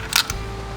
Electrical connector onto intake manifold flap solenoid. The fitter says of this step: wait for the click. It's worth it.